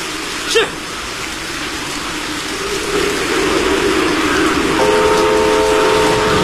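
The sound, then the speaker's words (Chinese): A train rumbles along the rails during a test run on a repaired, previously collapsed railway section built by Zhan Tianyou, on a day of heavy rain. Its noise builds steadily, with a brief sharp clank early on and a sustained, steady horn sounding over the rumble toward the end. “不久以后，詹天佑夜以继日赶修的铁路坍塌路段终于重新试车了。”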